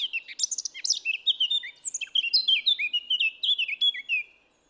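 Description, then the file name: Eurasian blackcap song, a rapid warbling burst that slides into a run of clear, fluty notes dropping in pitch, delivered without pause. "Sylvia atricapilla"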